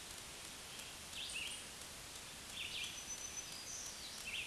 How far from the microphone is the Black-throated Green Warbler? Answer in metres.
about 50 m